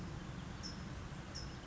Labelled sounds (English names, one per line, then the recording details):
California Towhee
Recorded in Sonoma County, California